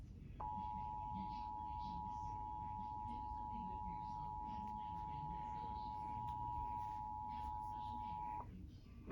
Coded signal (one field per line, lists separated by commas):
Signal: Emergency Alert System (SAME) tones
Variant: 853 and 960 Hz attention tone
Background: speech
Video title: EAS Alerts From July 8-9, 2022